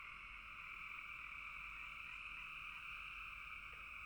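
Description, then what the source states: Frogs calling together in a constant massed trill, steady in pitch and loudness from start to finish. Several frogs calling together in a bog.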